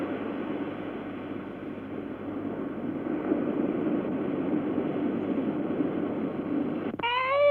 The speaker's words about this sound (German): Sechstens, Zurückweichen des Meeres.